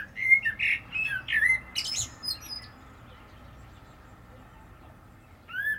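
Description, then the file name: Common blackbird song: a fluted warbling phrase with a high scratchy ending over the first two seconds, then quiet, with another phrase beginning at the very end. "Turdus merula"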